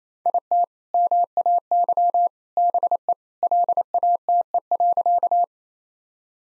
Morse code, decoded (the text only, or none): IT MAY BE LATE.